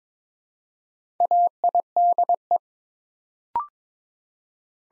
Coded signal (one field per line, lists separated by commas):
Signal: Morse code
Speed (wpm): 22 wpm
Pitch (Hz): 700 Hz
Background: none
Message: AIDE